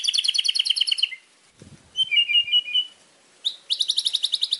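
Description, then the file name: White-rumped shama song: a fast, buzzy trill, a short silence, soft twittering notes, then another rapid, rattling trill. Masteran song, a training recording used to teach birds to sing. "suara masteran murai batu"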